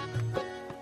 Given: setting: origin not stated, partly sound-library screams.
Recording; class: one-second piece from a danger detection set; normal situation